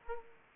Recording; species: mosquito wingbeat signal from an infrared sensor; Aedes aegypti